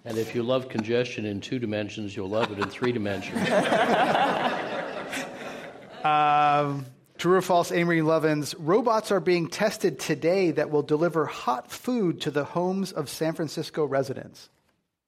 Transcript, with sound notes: And if you love congestion in two-dimensions you’ll love it in three-dimensions.
[Laughter]
True or false. Amory Lovins, robots are being tested today that will deliver hot food to the homes of San Francisco residents?